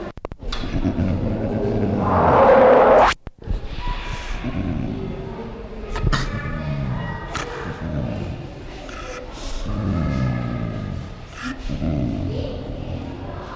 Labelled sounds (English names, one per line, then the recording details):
Snow Leopard defence call
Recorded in captivity
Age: adult
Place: Tierpark Berlin, Berlin, DE
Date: 1973-03-10 12:00
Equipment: Uher 4200 Report Stereo, Sennheiser MD 421, Verstärker
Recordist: Tembrock, Günter